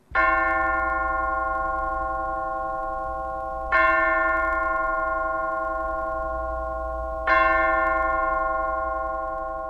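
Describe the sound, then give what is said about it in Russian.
A bell rings out three times at steady intervals to call people to tea, each loud strike leaving a bright, sustained metallic tone that hums on until the next one. No one speaks. “Том два раза должен был ему напомнить, что колокол прозвонил к чаю”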